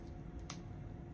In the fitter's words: It snaps in.